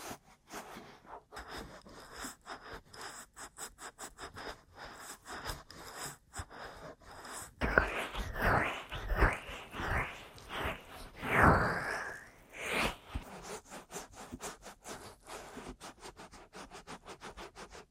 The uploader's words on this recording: ASMR Aggressive Ear Massage & Tapping (No Talking).